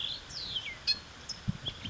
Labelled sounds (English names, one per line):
California Towhee